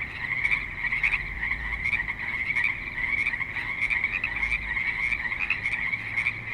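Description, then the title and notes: Frogs croaking in a thick, ringing chorus of rapid trills. Frogs calling at a creek in suburban Spanish Springs, Nevada. "Frogs in Spanish Springs, NV - creek view. Frogs with light traffic and other suburban sounds"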